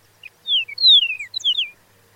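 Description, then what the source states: Chihuahuan meadowlark singing a short phrase of high, pure whistles that glide downward in several linked slurs, ending with several brief falling notes; otherwise quiet. Song distinct from other meadowlarks.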